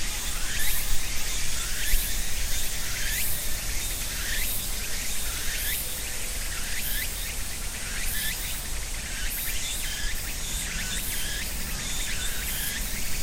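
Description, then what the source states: Cicadas in a dense, steady buzzing chorus, with quick rising chirps repeating over and over and a low rumble of traffic underneath. Cicadas and other insects at end of summer in ornamental cherry trees between a small river and residential neighborhood, Japan; about 13:00; traffic audible; Sony PCM-M10, quasi-binaural EM172 mics on tree trunk.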